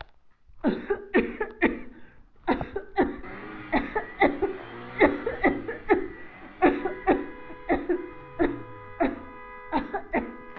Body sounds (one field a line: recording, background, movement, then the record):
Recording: voluntary coughing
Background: traffic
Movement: sitting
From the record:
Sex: female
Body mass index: 21.8 kg/m2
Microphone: on the chest, facing the body